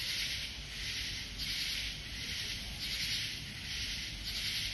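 Katydid call, a harsh high-pitched rasping buzz swelling in repeated pulses over a steady hiss.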